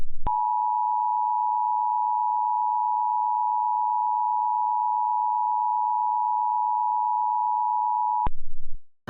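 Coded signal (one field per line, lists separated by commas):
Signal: Emergency Alert System (SAME) tones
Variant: 853 and 960 Hz attention tone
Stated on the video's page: EAS tones in a remake of a 911 telephone outage emergency alert in Georgia.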